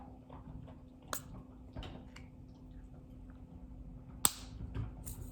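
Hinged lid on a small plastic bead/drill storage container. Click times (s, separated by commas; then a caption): 4.2 s. The hinged lid of a small plastic craft storage container for beads or drills is pressed closed, with a few faint clicks and rustles first, including a light tick at 1.1 s. At 4.3 s the latch snaps shut with a sharp, loud, satisfying click, and the lid is seated.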